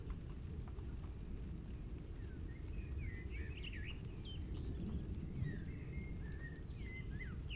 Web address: Invisible - Storm, gale and thunderstorm thunderstorm distant blackbirds singing